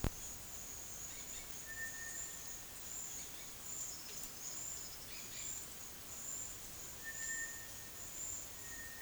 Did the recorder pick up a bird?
yes